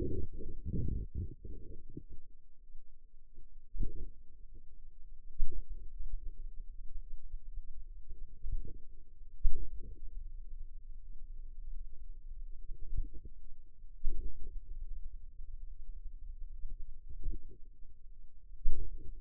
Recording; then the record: forearm muscle sounds (acoustic myography)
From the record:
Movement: finger pinch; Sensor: system 2, bracelet of six BSWA MPA416 microphones around the upper forearm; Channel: 1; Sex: female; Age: 23 years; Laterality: right